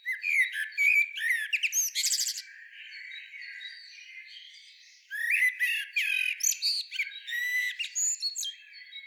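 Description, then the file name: Common blackbird utters energetic runs of harsh squawks and quick chattering notes, broken by a short quieter gap before another loud, jumbled burst. "Turdus merula"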